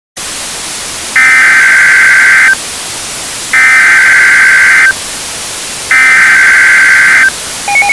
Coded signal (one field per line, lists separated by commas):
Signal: Emergency Alert System (SAME) tones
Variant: header bursts